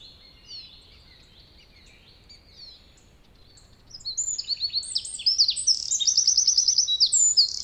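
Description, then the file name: Eurasian wren song: quiet high notes at first, then a loud burst of very high, rapid trills and sharp chips over the final half. "Troglodytes troglodytes"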